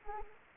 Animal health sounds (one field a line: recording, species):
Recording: mosquito wingbeat signal from an infrared sensor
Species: Anopheles arabiensis